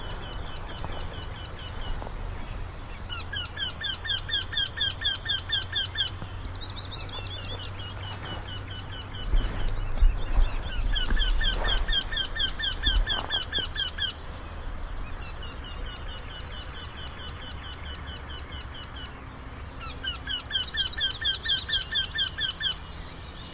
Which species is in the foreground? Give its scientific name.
Jynx torquilla